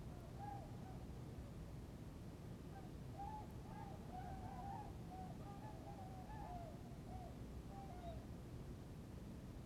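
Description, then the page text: Tundra swans in a flock giving many overlapping mellow hoots and bugled notes, busiest midway through, over steady low background rumble. Maryland. "Tundra Swan via iNaturalist"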